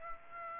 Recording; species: mosquito wingbeat signal from an infrared sensor; Aedes aegypti